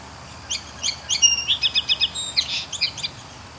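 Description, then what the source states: Song sparrow singing a bright phrase, separate opening notes followed by a fast run of repeated notes, a short buzz and closing chips over soft background noise. Bird singing close in front of the recordist, listening to other birds' calls and singing in response.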